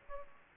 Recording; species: mosquito wingbeat signal from an infrared sensor; Aedes aegypti